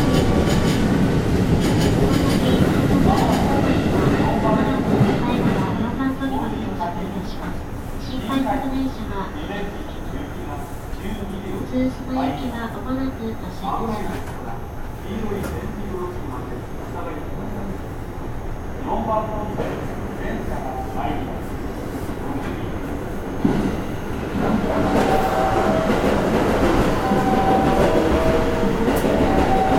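A 207 series commuter train runs on the JR Kobe Line, a steady low rumble and rattle filling the whole stretch. Brief whining tones and clanks rise and fade throughout, with faint speech mixed in, and a sharp knock near 23 seconds.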